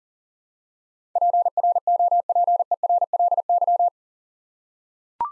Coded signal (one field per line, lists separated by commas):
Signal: Morse code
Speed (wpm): 39 wpm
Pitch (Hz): 700 Hz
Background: none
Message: PROPERLY